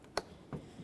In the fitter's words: now with that in mind let's start off by connecting our wiring press it together listen for a click